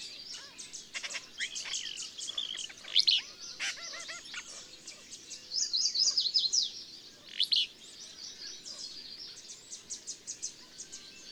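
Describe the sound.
Mixed bird song: high twitters, short sweeping whistles and brief bursts of chattering notes from several birds, rising and fading over faint background noise.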